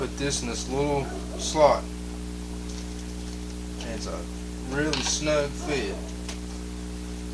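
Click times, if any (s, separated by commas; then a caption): none. Someone talks while pushing a security smart siren 2 module into a snug slot in its plastic mount on a 2020 Street Glide motorcycle, over a steady low hum. The module is only being handled here and has not yet seated or clicked into place.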